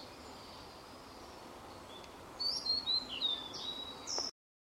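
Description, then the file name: Blue-and-white flycatcher song, a quick run of high clear whistled notes, some sliding down, starting after a quiet stretch of steady background hiss. "ooruri f"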